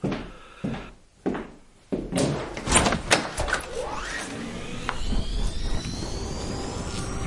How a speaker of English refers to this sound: A gust of air whirled round me as I opened the door.